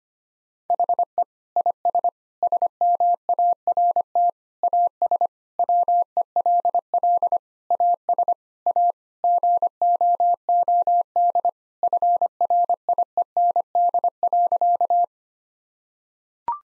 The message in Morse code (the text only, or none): HE IS SMART AS WELL AS A GOOD FRIEND.